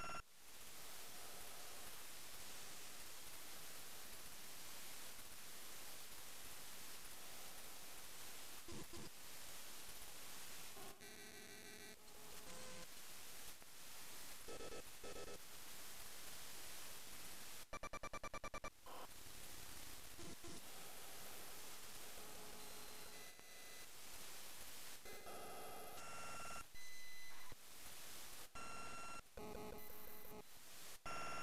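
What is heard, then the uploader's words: Radio static from the 433 MHz ISM band fills the whole clip, a steady dense hiss at an even level. Bursts of buzzy, striped digital chatter cut in repeatedly, around 11, 15, 18 seconds and often after 25 seconds, some with thin whistling tones. Kurzer Ausschnitt aus dem 433MHz ISM Band. 433 MHz ISM Band.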